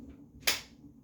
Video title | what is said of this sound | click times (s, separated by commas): Miele Triflex vacuum - detailed how-to info (3 of 3 videos) | there's the snap and then lastly i want | 0.5 s